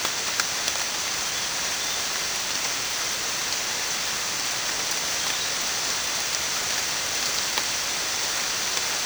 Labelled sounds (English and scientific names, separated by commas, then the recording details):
none
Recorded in dense forest near Puerto Asís, Putumayo, Colombia, on 19 June 2025 at 13:30
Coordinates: 0.484, -76.317
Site G045